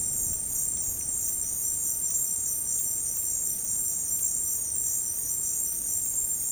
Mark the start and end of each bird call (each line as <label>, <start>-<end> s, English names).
Cinereous Tinamou, 4.83-5.39 s